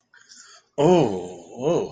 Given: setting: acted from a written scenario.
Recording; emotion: vocal sound without words; ecstasy